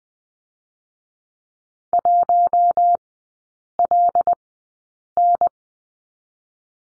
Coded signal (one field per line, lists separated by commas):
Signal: Morse code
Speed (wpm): 20 wpm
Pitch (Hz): 700 Hz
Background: none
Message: 1 L N